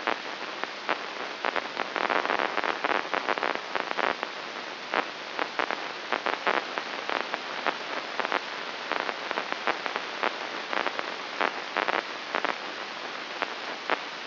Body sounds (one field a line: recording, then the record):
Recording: brain microelectrode recording played as sound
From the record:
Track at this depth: inside the subthalamic nucleus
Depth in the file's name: 4.602 mm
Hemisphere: right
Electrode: 2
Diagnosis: Parkinson's disease